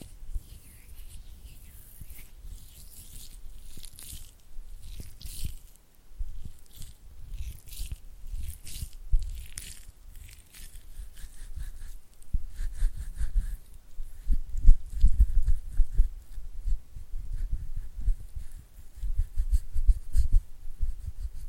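Oily hand and finger flutter sounds: a dense, irregular stream of soft wet slaps, squelches and rubbing, mostly low and thumping with crisp bright flicks above. The activity fluctuates throughout, growing busier and stronger after about twelve seconds, with sharp pats clustering near fifteen seconds.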